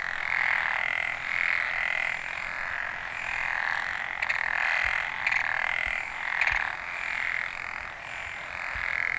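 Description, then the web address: Frogs croaking in a thick chorus with pulsing bouts, a few sharp clicks heard in the middle section. Recorded in northern Nanyo, Ehime Prefecture, Japan, on 29 May 2014. "e h i ehimekennanyohokubu tr 140529 kaeru"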